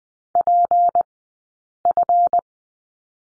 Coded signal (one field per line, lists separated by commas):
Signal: Morse code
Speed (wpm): 19 wpm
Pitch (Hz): 700 Hz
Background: none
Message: PF